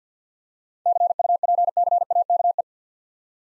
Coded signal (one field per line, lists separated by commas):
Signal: Morse code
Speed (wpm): 50 wpm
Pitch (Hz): 700 Hz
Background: none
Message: CUPCAKE